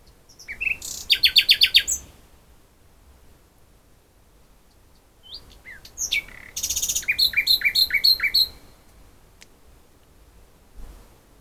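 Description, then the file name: Common nightingale song: a rapid burst of repeated notes, a pause, then mixed sweeps and a series of clear, downward-slurred chirps. "Luscinia megarhynchos"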